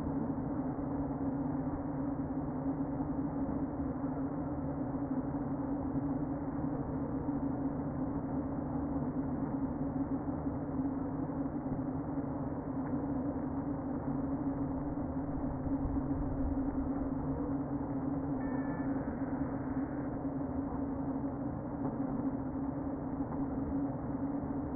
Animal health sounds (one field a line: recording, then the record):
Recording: honeybee colony, microphone inside the hive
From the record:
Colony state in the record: queen present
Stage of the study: before two queens were removed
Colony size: about 60,000 bees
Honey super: yes